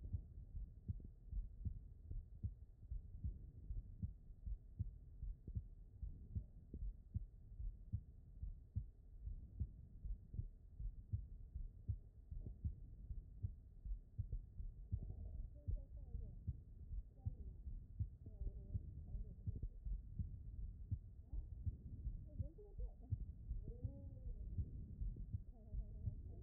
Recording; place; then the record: heart sounds by stethoscope; aortic valve (AV)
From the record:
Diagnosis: non-HFrEF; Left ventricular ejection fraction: 67%